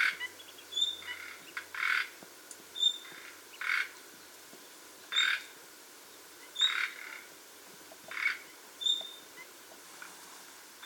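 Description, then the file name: Common nightingale calls: thin, high whistles alternating with harsh, rasping croaks, repeated about every second or two over a hissing background. "Luscinia megarhynchos"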